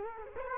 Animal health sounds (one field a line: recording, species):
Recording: mosquito wingbeat signal from an infrared sensor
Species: Culex quinquefasciatus